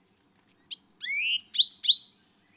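Bird song: a short phrase of clear whistled notes sliding between high and mid pitch, then a few quick repeated descending notes, in otherwise quiet surroundings.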